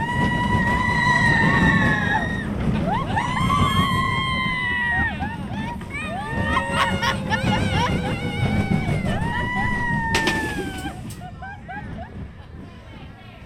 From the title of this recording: Mickey's Toon Town, Disneyland Binaural Recording